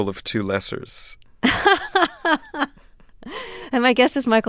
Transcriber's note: soundbite of laughter